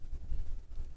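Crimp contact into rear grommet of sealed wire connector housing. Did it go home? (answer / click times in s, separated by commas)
no / none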